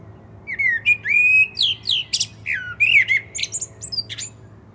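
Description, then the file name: Common blackbird song: a few low, fluty whistled notes sliding up and down, then a rapid burst of high, squeaky twittering notes to finish the phrase. "Turdus merula"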